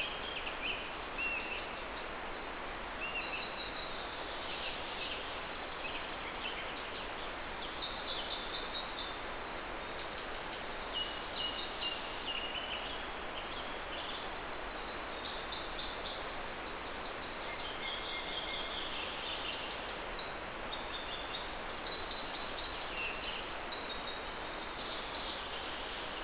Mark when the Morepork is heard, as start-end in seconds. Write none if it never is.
none